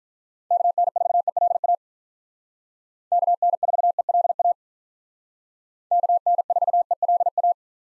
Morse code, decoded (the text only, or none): KN4ELA KN4ELA KN4ELA